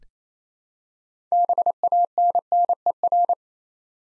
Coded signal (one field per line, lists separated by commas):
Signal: Morse code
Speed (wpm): 28 wpm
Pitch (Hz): 700 Hz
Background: none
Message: BANNER